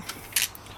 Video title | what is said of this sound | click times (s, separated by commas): FX Wildcat MK3 Bottle Compact - UK Sub 12 - Full Review & Range Test | wait for the click | 0.4 s